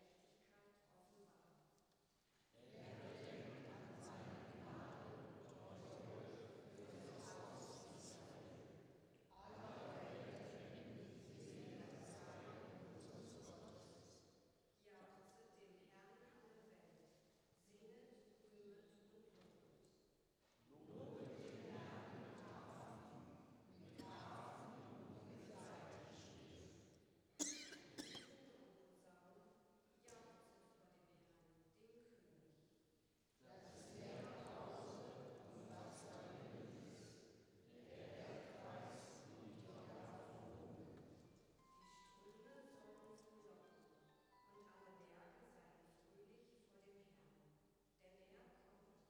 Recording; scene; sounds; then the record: everyday scene through a hearing-aid microphone; reverberant space; speech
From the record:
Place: church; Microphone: in the ear canal, right